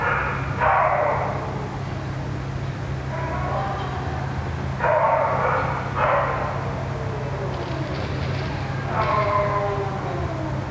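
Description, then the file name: Dog crying with wavering, descending whimpers in several bursts, set against a constant low droning hum. Dog crying near a ventilation system. "francisco meirino - a dog crying near a ventilation system"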